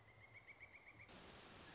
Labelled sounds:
Pileated Woodpecker (Dryocopus pileatus)
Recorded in Sonoma County, California

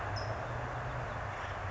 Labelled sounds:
California Towhee (Melozone crissalis)
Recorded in Sonoma County, California

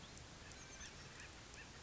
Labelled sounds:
Oak Titmouse (Baeolophus inornatus)
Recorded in Sonoma County, California

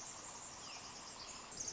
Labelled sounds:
Pacific Wren (Troglodytes pacificus)
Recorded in Sonoma County, California

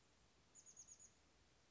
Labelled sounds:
Chestnut-backed Chickadee (Poecile rufescens)
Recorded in Sonoma County, California

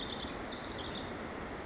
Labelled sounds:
House Wren (Troglodytes aedon)
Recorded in Sonoma County, California

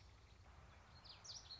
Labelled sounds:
Common Yellowthroat (Geothlypis trichas)
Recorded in Sonoma County, California

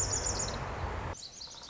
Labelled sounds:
Pacific Wren (Troglodytes pacificus)
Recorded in Sonoma County, California

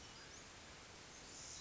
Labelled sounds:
Pacific Wren (Troglodytes pacificus)
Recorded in Sonoma County, California

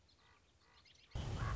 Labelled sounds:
Common Raven (Corvus corax)
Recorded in Sonoma County, California

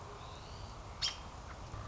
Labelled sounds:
American Robin (Turdus migratorius)
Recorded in Sonoma County, California

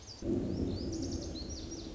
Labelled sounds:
Lazuli Bunting (Passerina amoena)
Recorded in Sonoma County, California

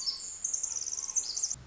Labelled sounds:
Pacific Wren (Troglodytes pacificus)
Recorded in Sonoma County, California

